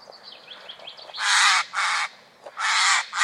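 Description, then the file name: Eurasian jay giving four loud, harsh rasping screeches, each up to about half a second long, after some faint thin chirps. "Garrulus glandarius"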